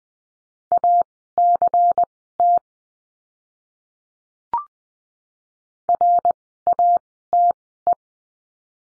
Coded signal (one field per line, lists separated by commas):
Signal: Morse code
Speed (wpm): 19 wpm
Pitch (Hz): 700 Hz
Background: none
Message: ACT RATE